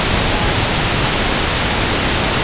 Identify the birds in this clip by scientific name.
Cygnus columbianus